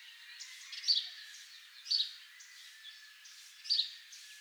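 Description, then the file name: House sparrow chirps, three spaced notes against a noisy hissing background. "Passer domesticus"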